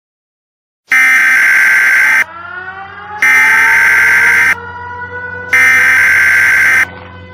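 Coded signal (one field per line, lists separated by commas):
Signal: Emergency Alert System (SAME) tones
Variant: header bursts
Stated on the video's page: Fictional EAS scenario.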